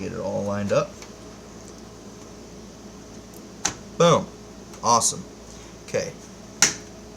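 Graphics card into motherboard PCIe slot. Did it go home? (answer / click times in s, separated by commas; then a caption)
yes / 6.6 s. A graphics card is pushed into a motherboard PCIe slot while someone talks, with a few soft knocks and shuffles along the way. At 6.6 s the slot's retention latch snaps shut with a sharp click, locking the card and confirming it is seated.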